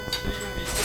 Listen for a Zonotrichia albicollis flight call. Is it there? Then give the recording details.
no. No flight call is heard. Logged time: 23:45 on 2 September 2014